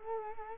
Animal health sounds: mosquito wingbeat signal from an infrared sensor; Culex quinquefasciatus

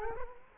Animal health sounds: mosquito wingbeat signal from an infrared sensor; Culex quinquefasciatus

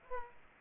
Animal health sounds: mosquito wingbeat signal from an infrared sensor; Aedes aegypti

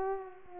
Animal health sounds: mosquito wingbeat signal from an infrared sensor; Culex pipiens

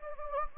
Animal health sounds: mosquito wingbeat signal from an infrared sensor; Anopheles gambiae

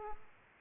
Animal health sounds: mosquito wingbeat signal from an infrared sensor; Aedes aegypti

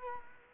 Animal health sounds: mosquito wingbeat signal from an infrared sensor; Culex quinquefasciatus

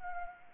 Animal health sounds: mosquito wingbeat signal from an infrared sensor; Anopheles arabiensis

